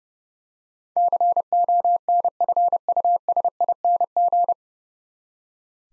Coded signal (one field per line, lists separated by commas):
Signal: Morse code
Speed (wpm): 30 wpm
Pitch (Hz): 700 Hz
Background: none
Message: CONFUSING